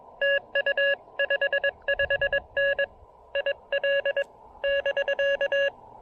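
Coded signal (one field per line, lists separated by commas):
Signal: Morse code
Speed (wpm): 24 wpm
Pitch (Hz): 590 Hz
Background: none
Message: TU 55N IL <BK>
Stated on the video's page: QRP POTA and SOTA activation with a KX2, operating on 20, 17, 10 and 15 meters.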